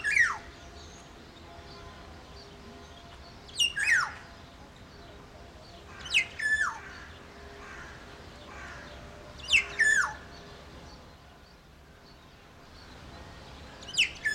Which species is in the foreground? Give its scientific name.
Oriolus chinensis